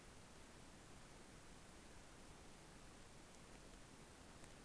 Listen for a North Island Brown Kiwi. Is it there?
no